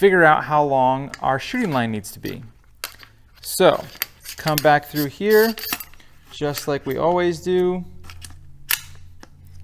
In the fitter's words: Make sure you hear that click, right? Locks in place.